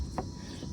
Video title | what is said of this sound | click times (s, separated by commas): Window Regulator and Door Panel Remove and Replace 2015-2022 2nd Gen Chevy Colorado GMC Canyon Z71 | pops into place | 0.2 s